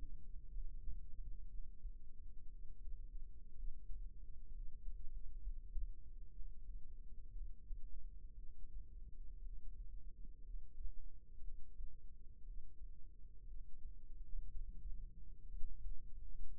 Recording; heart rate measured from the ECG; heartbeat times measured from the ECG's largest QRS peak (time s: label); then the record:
heart sounds by microphone in the right ear; 60 bpm
0.48 s: heartbeat
1.45 s: heartbeat
2.46 s: heartbeat
3.52 s: heartbeat
4.49 s: heartbeat
5.39 s: heartbeat
6.30 s: heartbeat
7.31 s: heartbeat
8.35 s: heartbeat
9.40 s: heartbeat
10.41 s: heartbeat
11.39 s: heartbeat
12.41 s: heartbeat
13.45 s: heartbeat
14.47 s: heartbeat
15.46 s: heartbeat
16.50 s: heartbeat
From the record:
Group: healthy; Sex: female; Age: 37 years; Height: 168 cm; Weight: 70 kg